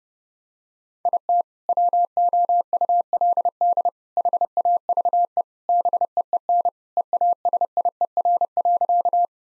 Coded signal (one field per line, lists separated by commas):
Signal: Morse code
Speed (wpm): 30 wpm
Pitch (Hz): 700 Hz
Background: none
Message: IT WOULD HAVE BEEN EASIER.